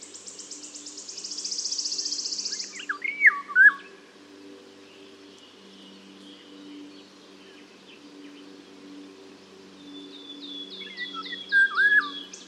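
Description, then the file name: Eurasian golden oriole song: two fluty, liquid whistled phrases, one early and one near the end, after a high buzzy pulsed trill, with a steady low hum throughout. "Mathias Ritschard - Obyknovennaya ivolga Oriolus oriolus"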